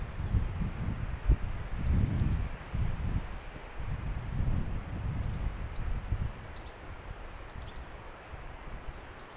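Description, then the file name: Eurasian blue tit repeating a sharp, high phrase twice: brief whistled notes dropping into a fast trill. Gusty low-pitched wind roars underneath throughout. "Cyanistes caeruleus"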